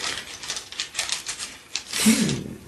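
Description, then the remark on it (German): Plastic twenty-sided role-playing dice clatter and tumble across a hard tabletop in a rapid series of light, bright clicks, rolled to see who gets the highest number, ending with a slightly louder rattle as they settle. “Das sind 20-seitige Würfel, ein Rollenspielwürfel.”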